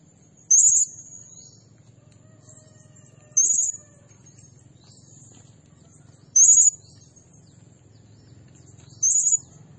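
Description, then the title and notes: Blue-crowned hanging parrot repeating sharp, very high, trilled bursts about every three seconds, four in all, over a faint low hum. Training and lure recording of energetic, continuously singing ('nembak gacor') blue-crowned hanging parrot, said to provoke other birds. "Burung Serindit Nembak Gacor Bikin Emosi Semua Burung. Suara Nasteran Dan Pemikat Burung Serinditan Gacor"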